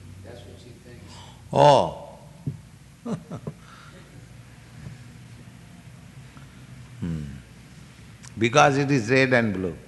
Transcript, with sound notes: That's what she thinks. [laughs]
Hmm. Because it is red and blue.